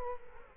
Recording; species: mosquito wingbeat signal from an infrared sensor; Culex quinquefasciatus